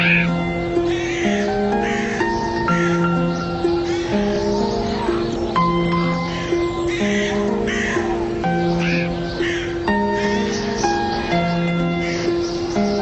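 Crows caw in harsh, repeated bursts over a steady bed of sustained, tonal music that plays throughout at a moderate, even level.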